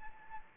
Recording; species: mosquito wingbeat signal from an infrared sensor; Anopheles gambiae